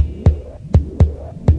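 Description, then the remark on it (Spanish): A deep, booming heartbeat sound effect in a radio jingle for FM Moreno thumps four times in an uneven lub-dub rhythm, each beat a loud low-pitched thud with a faint hum between them and no voices. “Latido, latido americano.”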